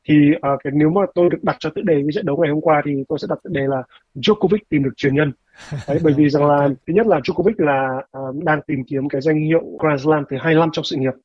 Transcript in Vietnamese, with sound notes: Thì, à, cái-- nếu mà tôi được đặt cho tựa đề cái trận đấu ngày hôm qua thì tôi sẽ đặt tựa đề là: "Djokovic tìm được truyền nhân." [tiếng nói cười] Bởi vì rằng là, thứ nhất là Djokovic là, à, đang tìm kiếm cái danh hiệu Grand Slam thứ hai mươi lăm trong sự nghiệp.